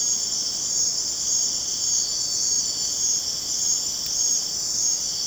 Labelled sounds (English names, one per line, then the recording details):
none
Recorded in dense forest near Puerto Asís, Putumayo, Colombia, on 23 June 2025 at 21:00
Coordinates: 0.484, -76.317
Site G045